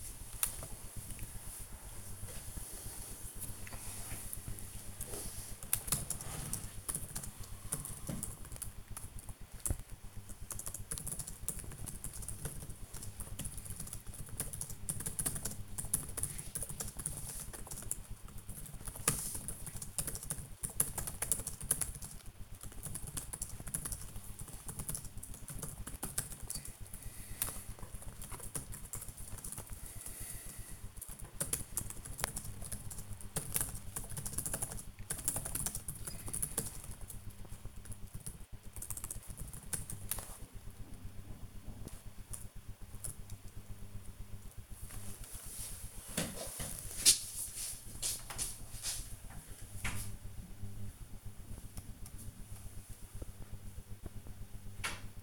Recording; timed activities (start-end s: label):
household activities, microphone on the right wrist
0.00-27.79 s: working on the computer
30.81-55.23 s: working on the computer